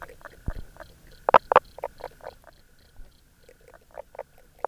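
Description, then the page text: Common spadefoot calls: brief hollow knocks, a loud pair early on, then softer knocks spaced irregularly. "Knoblauchkröte – Pelobates fuscus"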